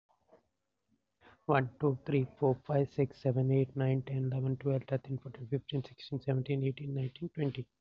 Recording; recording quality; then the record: counting at a fast pace; excellent, no background noise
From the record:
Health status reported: COVID-19 positive, mild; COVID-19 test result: positive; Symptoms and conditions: cough, sore throat, fever, pneumonia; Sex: male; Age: 32 years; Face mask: not worn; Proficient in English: yes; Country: India